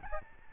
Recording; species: mosquito wingbeat signal from an infrared sensor; Aedes albopictus